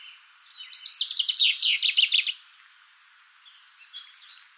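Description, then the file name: Common chaffinch singing one fast phrase of sharp repeated notes, followed by a few soft calls. "Fringilla coelebs"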